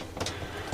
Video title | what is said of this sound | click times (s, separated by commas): A Simpler And More Convenient Way To Hang Our Shower Curtain In Our Cargo Trailer Conversion | And you just get it in there and click it. There, | 0.2 s